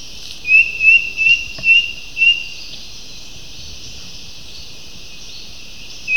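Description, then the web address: Bird giving short, high, upslurred whistled notes, about five in quick succession and then a pause before another begins, over a steady hiss. "BIRD SABIOD bird"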